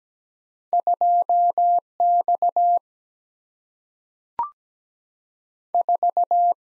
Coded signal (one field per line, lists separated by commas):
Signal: Morse code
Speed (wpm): 17 wpm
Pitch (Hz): 700 Hz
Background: none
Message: 2 X 4